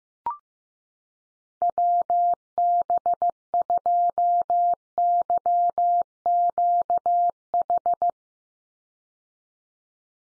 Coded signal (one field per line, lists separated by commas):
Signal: Morse code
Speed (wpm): 15 wpm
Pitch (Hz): 700 Hz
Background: none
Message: WB2YQH